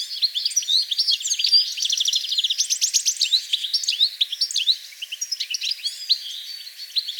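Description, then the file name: European goldfinch calls: a lively stream of sharp, high twittering notes and quick trills, with a quieter, more spaced run of chirps toward the close. "Carduelis carduelis"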